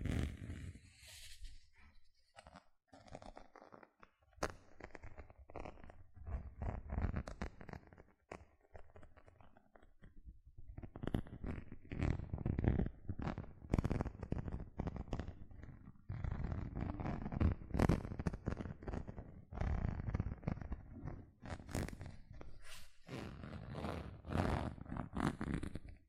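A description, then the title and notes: Gentle scratching runs through the clip as dense, irregular strokes with a soft low rumble beneath. Brief quieter gaps come early and around the ten-second mark. After that the scratching grows fuller and more continuous, with short, brighter rasps scattered throughout. ASMR 6 Tingly Gentle Scratching Sounds (No Talking).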